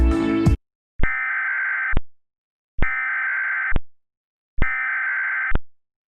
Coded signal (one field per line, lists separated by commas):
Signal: Emergency Alert System (SAME) tones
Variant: header bursts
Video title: EAS Reenactment Mock: Tornado Warning for Duval County, TX (w/ IPAWS) - 05/26/2020